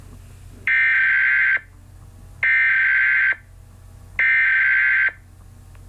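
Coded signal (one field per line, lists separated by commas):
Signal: Emergency Alert System (SAME) tones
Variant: header bursts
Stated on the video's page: Fictional EAS scenario; the tones may or may not be valid.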